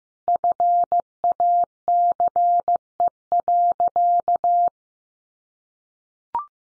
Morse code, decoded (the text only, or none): FACE.